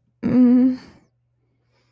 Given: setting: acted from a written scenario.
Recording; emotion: vocal sound without words; guilt